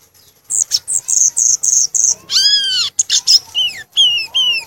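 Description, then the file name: Violaceous euphonia song: a run of high, buzzy chips near the top of the range, then several arched, downslurred whistles with strong overtones and short chatters. "canto do gaturamo verdadeiro"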